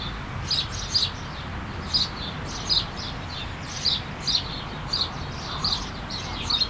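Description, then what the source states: Bird: a series of sharp, high chirps recurring throughout over an unbroken rushing background. At the coast.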